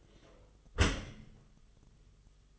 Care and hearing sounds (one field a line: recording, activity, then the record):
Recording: daily activity, microphone in the room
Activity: close dishwasher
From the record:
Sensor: 4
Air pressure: 1005.6 hPa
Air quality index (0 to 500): 105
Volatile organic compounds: 2 ppm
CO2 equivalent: 1307 ppm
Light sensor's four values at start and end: 11/26/10/10 and 11/26/10/10